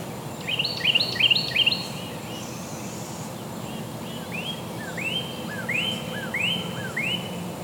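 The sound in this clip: Bird song with a quick burst of chirpy notes, then a pause and a series of rising slurred whistles repeated about twice a second, over low background rumble.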